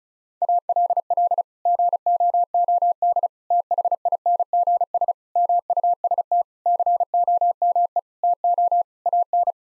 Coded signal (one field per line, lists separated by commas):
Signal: Morse code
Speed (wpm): 34 wpm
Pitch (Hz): 700 Hz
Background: none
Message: ALL GOOD THINGS MUST COME TO AN